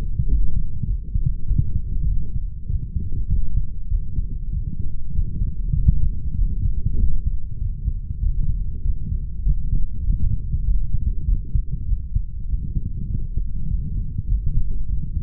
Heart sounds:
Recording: heart sounds by stethoscope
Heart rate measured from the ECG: 99 bpm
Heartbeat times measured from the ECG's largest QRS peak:
0.30 s: heartbeat
0.88 s: heartbeat
1.48 s: heartbeat
2.09 s: heartbeat
2.70 s: heartbeat
3.31 s: heartbeat
3.92 s: heartbeat
4.53 s: heartbeat
5.15 s: heartbeat
5.77 s: heartbeat
6.38 s: heartbeat
7.00 s: heartbeat
7.61 s: heartbeat
8.23 s: heartbeat
8.85 s: heartbeat
9.46 s: heartbeat
10.07 s: heartbeat
10.68 s: heartbeat
11.28 s: heartbeat
11.89 s: heartbeat
12.49 s: heartbeat
13.10 s: heartbeat
13.71 s: heartbeat
14.30 s: heartbeat
14.89 s: heartbeat
From the record:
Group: healthy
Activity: light exercise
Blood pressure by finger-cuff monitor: 159/106 mmHg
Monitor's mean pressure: 122 mmHg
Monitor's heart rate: 98 bpm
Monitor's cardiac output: 7.4 L/min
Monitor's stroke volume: 75 mL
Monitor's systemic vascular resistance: 1250 dyn s/cm5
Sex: male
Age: 21 years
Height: 175 cm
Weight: 72.6 kg

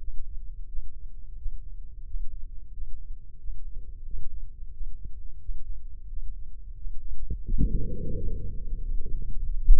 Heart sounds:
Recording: heart sounds by microphone in the left ear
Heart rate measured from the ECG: 89 bpm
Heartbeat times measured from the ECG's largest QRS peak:
0.66 s: heartbeat
1.35 s: heartbeat
2.04 s: heartbeat
2.71 s: heartbeat
3.37 s: heartbeat
4.03 s: heartbeat
4.71 s: heartbeat
5.39 s: heartbeat
6.06 s: heartbeat
6.74 s: heartbeat
7.43 s: heartbeat
8.12 s: heartbeat
8.79 s: heartbeat
9.43 s: heartbeat
From the record:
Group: healthy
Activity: Valsalva maneuver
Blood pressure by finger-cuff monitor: 125/89 mmHg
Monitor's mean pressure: 99 mmHg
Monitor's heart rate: 88 bpm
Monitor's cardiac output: 5.3 L/min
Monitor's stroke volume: 60 mL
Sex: male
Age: 35 years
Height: 178 cm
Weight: 64 kg

